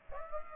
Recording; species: mosquito wingbeat signal from an infrared sensor; Aedes aegypti